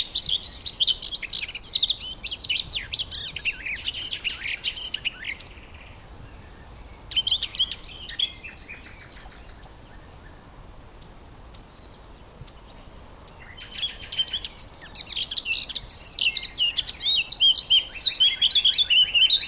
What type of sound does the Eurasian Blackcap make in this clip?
song